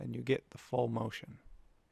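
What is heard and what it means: A 3D-printed robot-arm finger is being handled over a servo body, with its bottom part about to be stretched underneath the servo until it clicks into place. Someone talks throughout, and the sound trails off into quiet near the end. Nothing has seated or clicked yet.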